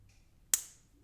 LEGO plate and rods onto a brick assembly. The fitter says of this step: and the rods the before mentioned rods with a hopefully satisfying click.